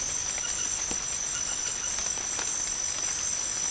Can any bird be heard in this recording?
no